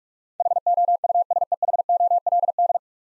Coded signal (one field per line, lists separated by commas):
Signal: Morse code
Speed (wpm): 42 wpm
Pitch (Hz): 700 Hz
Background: none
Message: HOUSEHOLD